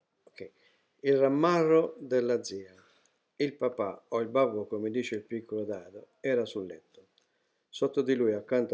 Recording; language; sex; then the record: read passage; Italian; male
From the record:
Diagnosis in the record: healthy control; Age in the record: 68 years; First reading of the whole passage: 59 s, 8.4 characters per second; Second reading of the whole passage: 56 s, 8.8 characters per second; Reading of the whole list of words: 34 s, 8.3 characters per second